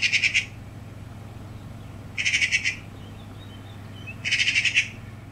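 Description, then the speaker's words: Eurasian magpie giving harsh, rattling chatter in three short bursts about two seconds apart, over a steady low hum. "Oh, and this is what a Eurasian magpie sounds like."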